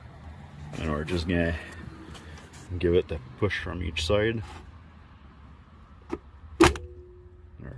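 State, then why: Seated. On a Dodge Ram 1500, side mirror glass is pushed in from each side against the mirror bracket while someone talks. A sharp click at 6.6 seconds marks its plastic clips snapping into the bracket, seating the glass so it is nice and solid.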